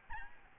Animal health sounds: mosquito wingbeat signal from an infrared sensor; Aedes albopictus

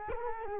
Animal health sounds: mosquito wingbeat signal from an infrared sensor; Culex quinquefasciatus

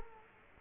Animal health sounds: mosquito wingbeat signal from an infrared sensor; Culex quinquefasciatus

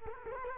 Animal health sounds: mosquito wingbeat signal from an infrared sensor; Culex quinquefasciatus

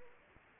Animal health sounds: mosquito wingbeat signal from an infrared sensor; Anopheles arabiensis

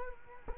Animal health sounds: mosquito wingbeat signal from an infrared sensor; Culex quinquefasciatus

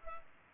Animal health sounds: mosquito wingbeat signal from an infrared sensor; Culex pipiens

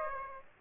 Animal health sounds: mosquito wingbeat signal from an infrared sensor; Aedes aegypti

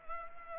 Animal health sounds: mosquito wingbeat signal from an infrared sensor; Culex pipiens

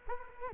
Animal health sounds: mosquito wingbeat signal from an infrared sensor; Culex quinquefasciatus

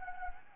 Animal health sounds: mosquito wingbeat signal from an infrared sensor; Anopheles arabiensis

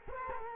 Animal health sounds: mosquito wingbeat signal from an infrared sensor; Culex quinquefasciatus

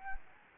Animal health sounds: mosquito wingbeat signal from an infrared sensor; Anopheles gambiae

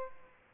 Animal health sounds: mosquito wingbeat signal from an infrared sensor; Aedes aegypti

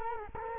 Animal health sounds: mosquito wingbeat signal from an infrared sensor; Culex quinquefasciatus

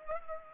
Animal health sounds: mosquito wingbeat signal from an infrared sensor; Culex pipiens

